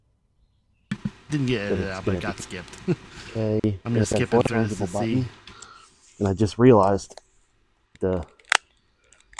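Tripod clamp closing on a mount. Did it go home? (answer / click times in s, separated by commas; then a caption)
yes / 8.5 s. Someone talks, then a tripod clamp is closed on a camera/phone mount, giving a single sharp click at 8.6 s. The tripod part snaps shut and is seated, followed by a few faint small ticks.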